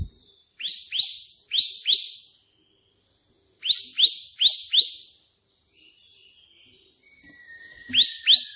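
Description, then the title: Prinia song: bursts of two to four upswept, buzzy notes repeated at a brisk pace, with a thin steady whistle before the last pair. Three song variations ('tembakan') of a prenjak putih, offered as tutoring material (masteran) for pet prinias. "3 VARIASI TEMBAKAN prenjak putih ini COCOK untuk masteran prenjak anda"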